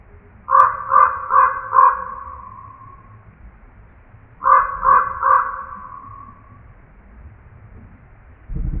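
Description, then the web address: Common Raven giving a run of four hoarse, ringing croaks, then a run of three a few seconds later; a low thump at the very end. Recorded on 4 January 2007. "Common Raven 2007 01 04"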